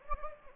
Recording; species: mosquito wingbeat signal from an infrared sensor; Anopheles gambiae